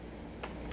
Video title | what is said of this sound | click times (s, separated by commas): Dissapointing! Shark STRATOS In-Depth Vacuum Cleaner Review - Intellitech Studios | And this just hooks on like this and clicks into place, and | 0.4 s